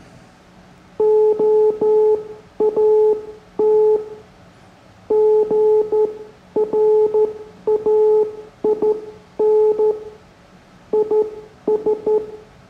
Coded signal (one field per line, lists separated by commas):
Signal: Morse code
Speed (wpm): 12 wpm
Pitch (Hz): 430 Hz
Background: none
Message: OAT GRAIN IS